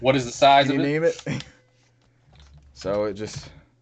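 Storage media is being handled at the slot of an old digital camera, but nothing has seated or clicked yet. Someone talks, and during a pause a few faint small sounds are heard around 2.0 to 2.6 seconds before the talking resumes.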